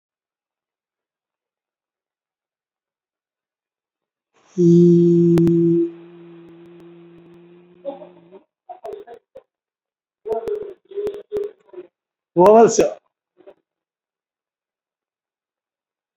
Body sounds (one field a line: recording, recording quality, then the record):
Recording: sustained vowel as in beet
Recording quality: excellent, no background noise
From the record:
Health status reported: recovered from COVID-19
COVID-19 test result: positive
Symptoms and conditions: cough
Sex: male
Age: 49 years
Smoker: not ticked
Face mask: worn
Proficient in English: yes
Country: India